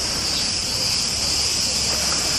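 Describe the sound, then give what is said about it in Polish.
Dense, continuous chirping of crickets or cicadas in trees, starting on a walnut tree and spreading in a wave to the next trees, a steady high-pitched buzzing drone that stays loud and even throughout with no voices. “To są te cykające.”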